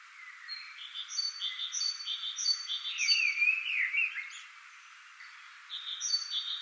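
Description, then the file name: Common blackbird giving a short slurred fluty phrase amid a chain of high, evenly spaced double notes from another bird. "Turdus merula"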